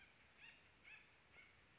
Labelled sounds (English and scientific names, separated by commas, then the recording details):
Acorn Woodpecker (Melanerpes formicivorus)
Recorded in Sonoma County, California